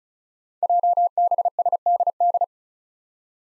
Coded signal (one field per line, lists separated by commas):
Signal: Morse code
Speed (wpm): 36 wpm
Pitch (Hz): 700 Hz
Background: none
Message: JBSDD